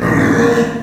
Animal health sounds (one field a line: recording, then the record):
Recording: squeal of a Yucatan mini pig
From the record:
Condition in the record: after surgery on the right vocal fold (resection and tissue-engineered implant)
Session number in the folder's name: 4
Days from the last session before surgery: 26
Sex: female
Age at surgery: 19 weeks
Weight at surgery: 25 kg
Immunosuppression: prednisolone